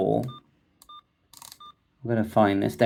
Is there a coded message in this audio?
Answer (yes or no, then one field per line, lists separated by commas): no